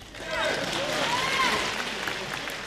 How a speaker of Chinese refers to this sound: 哎呀，上来就有掌声啊，这掌声是给我的吗？